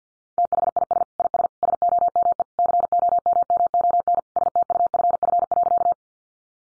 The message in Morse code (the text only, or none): THIS IS SOME COMMON STUFF.